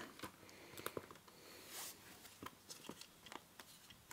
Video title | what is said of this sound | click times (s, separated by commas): Easy Guide to Upgrade Steam Deck SSD Storage | all just clicks into place very nicely | 0.9 s, 2.5 s, 3.3 s, 4.1 s